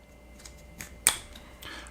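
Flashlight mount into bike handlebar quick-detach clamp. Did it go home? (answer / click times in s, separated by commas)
yes / 1.1 s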